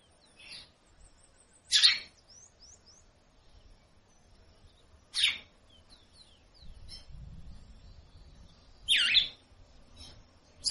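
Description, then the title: Red-cowled cardinal giving three loud, raspy calls, with thin high twitters and a low rumbling noise midway. Female calling persistently, used to stimulate ('warm up') birds. "Canto Galo Campina Fêmea. fêmea de galo - de - chamando muito para esquentar"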